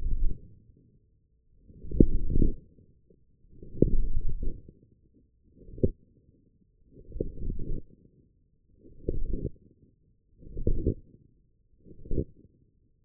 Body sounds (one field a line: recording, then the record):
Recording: forearm muscle sounds (acoustic myography)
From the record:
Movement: forearm pronation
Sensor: system 1, eight BSWA MPA416 microphones around the upper forearm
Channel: 5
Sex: male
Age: 21 years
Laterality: right